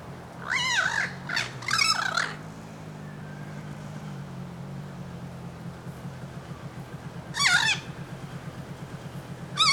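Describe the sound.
Bird squawks, several harsh cries at the start and more later, over a low engine-like hum that pulses rhythmically.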